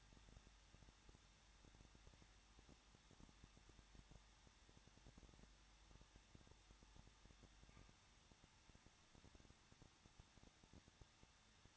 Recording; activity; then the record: daily activity, microphone in the room; no activity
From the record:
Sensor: 3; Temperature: 21.2 degrees Celsius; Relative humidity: 36.3%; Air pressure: 1006.3 hPa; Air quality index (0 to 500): 221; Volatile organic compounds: 40 ppm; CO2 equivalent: 3155 ppm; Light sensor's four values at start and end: 2/3/2/2 and 2/3/2/2